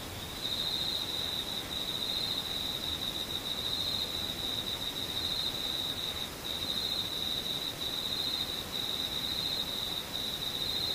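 An insect trills steadily near 4 kHz throughout, a high buzzing line broken by brief gaps, over a soft continuous hiss.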